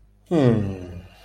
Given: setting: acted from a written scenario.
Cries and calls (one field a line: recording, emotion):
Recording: vocal sound without words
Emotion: serenity